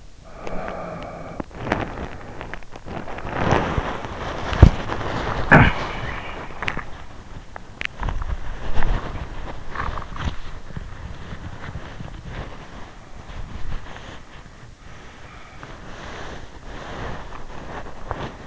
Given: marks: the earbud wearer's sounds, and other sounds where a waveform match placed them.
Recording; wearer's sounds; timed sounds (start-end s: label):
sounds in sleep by an in-ear microphone; breath, teeth grinding, body movement, cough or throat clearing or sniffle, swallowing
0.31-2.18 s: breath
0.47-2.65 s: teeth grinding
2.50-18.47 s: body movement
5.41-5.73 s: cough or throat clearing or sniffle
6.53-6.97 s: swallowing
7.72-8.55 s: teeth grinding